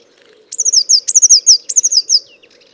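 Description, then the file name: Eurasian blue tit giving three rapid phrases in a row, each opening with a high sharp note and sliding down through a fast, slightly descending trill. "Cyanistes caeruleus"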